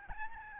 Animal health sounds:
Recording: mosquito wingbeat signal from an infrared sensor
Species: Aedes albopictus

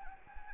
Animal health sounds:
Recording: mosquito wingbeat signal from an infrared sensor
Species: Anopheles arabiensis

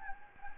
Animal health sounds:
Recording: mosquito wingbeat signal from an infrared sensor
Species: Anopheles gambiae

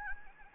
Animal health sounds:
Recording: mosquito wingbeat signal from an infrared sensor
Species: Anopheles gambiae

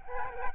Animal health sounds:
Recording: mosquito wingbeat signal from an infrared sensor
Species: Aedes albopictus

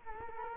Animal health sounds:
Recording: mosquito wingbeat signal from an infrared sensor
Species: Culex quinquefasciatus

